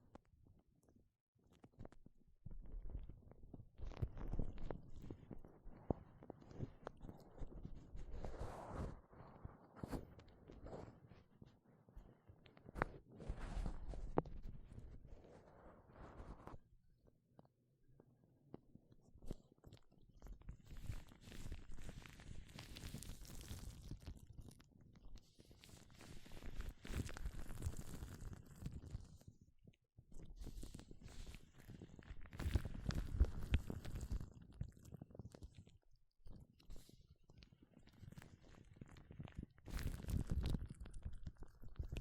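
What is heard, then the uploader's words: Gloves are handled and rubbed in bursts of soft rustling and scuffing, with short pauses between passes around 17, 30 and 36 seconds. 5 different GLOVES Sounds. (No Talking).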